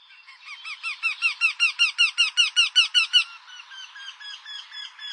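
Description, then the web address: Eurasian wryneck calling: a rapid run of many harmonic notes, loudest in the middle, then trailing off into fainter notes. "ant woodpecker call"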